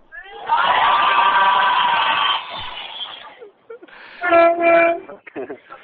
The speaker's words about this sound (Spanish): Hasta el señor del autobús ha pitado con el claxon.